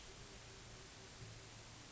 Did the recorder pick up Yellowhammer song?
no